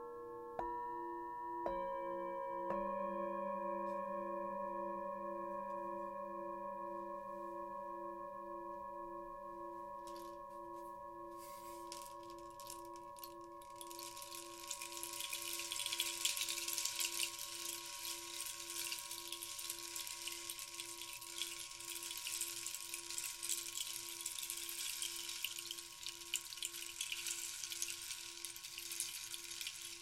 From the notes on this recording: Short bowl dinging and Rainstick